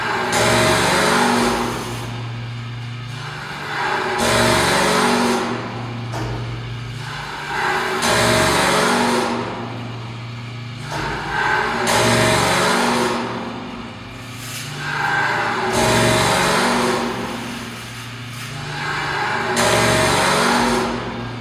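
A layered soundscape built from electric engines, strings and struck materials, held over a steady low hum with a few sustained tones above it. Bright rushing swells rise and fade roughly every four seconds, giving the piece a slow, regular pulse.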